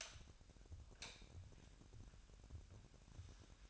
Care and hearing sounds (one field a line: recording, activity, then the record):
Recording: daily activity, microphone in the room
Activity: light on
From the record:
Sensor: 2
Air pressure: 1011.8 hPa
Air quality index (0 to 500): 214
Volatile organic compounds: 3 ppm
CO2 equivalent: 1506 ppm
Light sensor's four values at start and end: 11/26/11/12 and 16/43/18/18